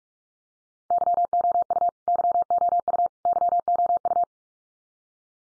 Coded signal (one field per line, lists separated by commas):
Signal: Morse code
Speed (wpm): 44 wpm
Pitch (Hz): 700 Hz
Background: none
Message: YOU YOU YOU